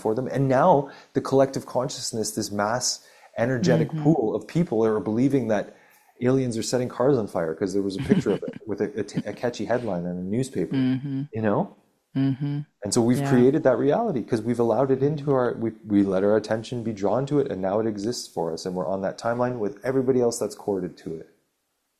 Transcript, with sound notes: And now, the collective consciousness, this mass-
Mm-hmm.
... energetic pool of people are believing that aliens are setting fires on fire 'cause there was a picture-
(laughs)
... of it with a, a t- a catchy headline in a newspaper.
Mm-hmm.
You know?
Mm-hmm.
And so-
Yeah.
... we've created that reality 'cause we've allowed it into our... we, we let our attention be drawn to it, and now it exists for us. And we're on that timeline with everybody else that's corded to it.